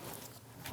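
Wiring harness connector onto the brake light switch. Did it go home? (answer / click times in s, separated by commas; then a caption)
yes / 0.7 s. A wiring harness connector is pushed onto the new brake light switch of a 2003-2025 Chevrolet Express 2500, with steady broadband background noise throughout. A short, sharp click at 0.7 s marks the connector snapping on and seating on the switch.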